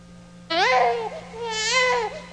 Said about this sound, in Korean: 아기는 태어나자마자 왜 울지? 넌 그것도 모르니?